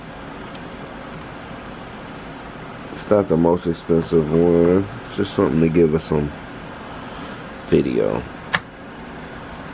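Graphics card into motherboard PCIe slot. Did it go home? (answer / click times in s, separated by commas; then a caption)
yes / 8.6 s. A small graphics card with no external power is pushed into the PCIe slot of a motherboard on a budget mining rig while someone talks over a steady background hum. A single sharp snap is heard at 8.6 s as the card seats in the slot.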